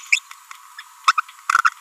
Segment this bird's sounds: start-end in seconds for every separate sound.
0.12-0.19, 1.07-1.12, 1.18-1.20, 1.49-1.61